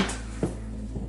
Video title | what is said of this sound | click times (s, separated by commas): Potastic Electric Pressure Cooker Error 5 | just snaps in place | 0.4 s